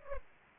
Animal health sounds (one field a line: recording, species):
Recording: mosquito wingbeat signal from an infrared sensor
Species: Culex pipiens